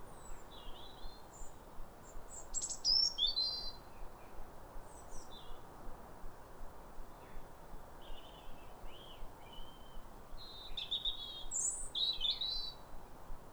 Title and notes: Sound Escape 150: Be uplifted by a chorus of New Year's robins. A pair of robins in neighbouring gardens welcome the early sun with wistful phrases as if chatting over the fence. BBC Countryfile Magazine's Sound Escapes. Recorded by Fergus Collins